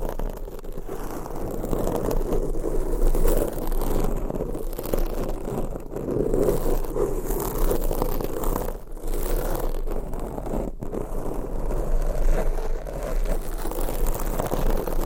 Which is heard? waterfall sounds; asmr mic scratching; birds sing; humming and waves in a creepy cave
asmr mic scratching